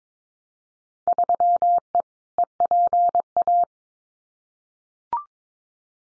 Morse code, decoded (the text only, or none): 3E EPA